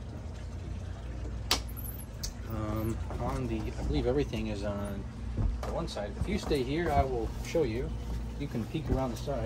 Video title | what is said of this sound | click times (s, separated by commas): Orientation to the ranger tug part one | And that sort of just clicks in place to open it. You push this thing in and it opens up. | 1.5 s